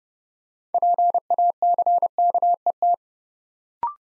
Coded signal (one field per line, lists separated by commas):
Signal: Morse code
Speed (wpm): 30 wpm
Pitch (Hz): 700 Hz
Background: none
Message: PACKET